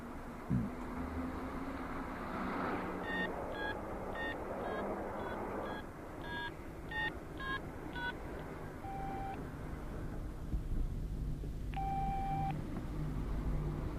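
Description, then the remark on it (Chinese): A rapid series of short electronic keypad tones as a phone number is dialed to call back home, then a couple of longer ringing beeps, all over a steady low rumble of traffic or machinery. “还是先打个电话回去吧。”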